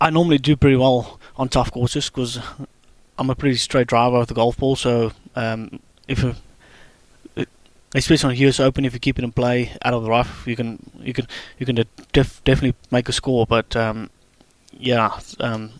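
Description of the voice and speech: An adult man, a professional golfer who stutters, speaks conversationally about golf, mostly fluently but with whole-word repetitions ("you can, you can, you can"), part-word repeats ("def-def-definitely"), stretched sounds and a long mid-phrase block. These are stuttering disfluencies.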